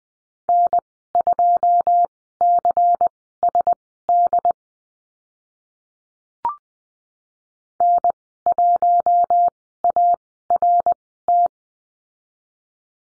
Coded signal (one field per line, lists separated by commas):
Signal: Morse code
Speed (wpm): 20 wpm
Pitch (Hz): 700 Hz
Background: none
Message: N2CSD N1ART